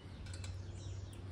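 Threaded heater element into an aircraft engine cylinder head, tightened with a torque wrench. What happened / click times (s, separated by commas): The torque wrench clicked at its set torque / 0.3 s, 0.4 s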